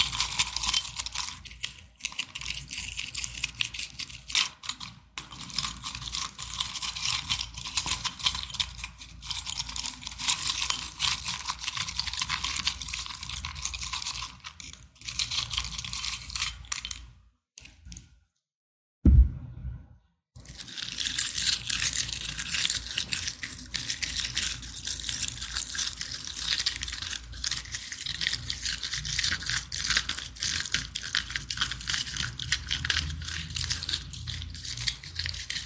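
Glass scratching as a steady, dense, bright rasp with rapid clicky grit, broken by a near-silent gap with a sharp knock around nineteen seconds.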